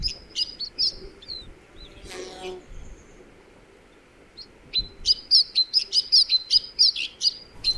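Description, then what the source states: White-winged snowfinch calls, thin high chirps in quick bursts, a pause, then a rapid run of sharp repeated notes. High-mountain bird breeding in rock crevices; in spring performs whirring courtship flights showing snow-white wing patches and makes peculiar sounds; has many vocalizations compared with house sparrow.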